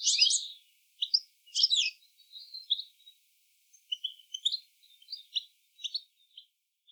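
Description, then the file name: European Goldfinch giving bright twittering notes and short liquid chirps in loose irregular series, high-pitched, with quiet gaps between bursts. "Carduelis carduelis"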